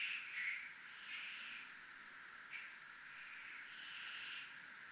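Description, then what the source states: Cricket trilling in a steady high continuous tone, with swells of rougher buzzing underneath rising and falling. Crickets recorded in a military zone.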